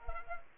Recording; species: mosquito wingbeat signal from an infrared sensor; Aedes aegypti